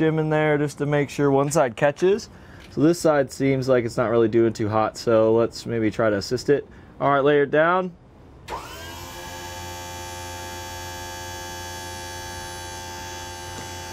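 A replacement plastic SnapPad jack pad is being lined up under the metal foot plate of a leveling jack on a 2011 Tiffin Allegro Bus motorhome, with the side that isn't catching being assisted as the jack is laid down toward the pad. Someone talks for the first 8 seconds, then a steady, whirring tonal hum starts at about 8.5 s and continues to the end. Nothing has snapped or clicked into place yet.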